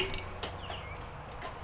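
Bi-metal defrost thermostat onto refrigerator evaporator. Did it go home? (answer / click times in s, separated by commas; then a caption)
no / none. A bi-metal defrost thermostat clip is handled and pressed toward the two holes on the left side of the evaporator tubing in a Samsung refrigerator that is being repaired for freezing up on the back panel. Soft handling noises are heard over a low hum, with brief sharp sounds near 0.1 s and 0.4 s. Nothing has seated or clicked into place yet.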